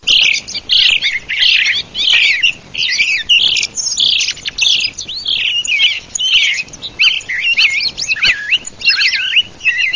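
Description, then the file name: Thrush singing a continuous run of varied, rich whistled and warbled phrases, with quick changes in pitch and no long pauses. "TORDOLUC"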